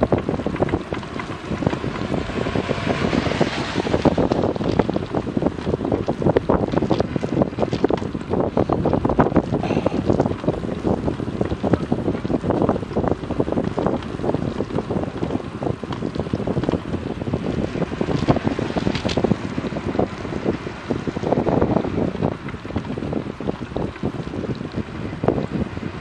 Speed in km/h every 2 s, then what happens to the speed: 30, 29, 28, 27, 28, 28, 28, 28, 27, 26, 26, 25, 23.
0-26 slows to 23.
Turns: none.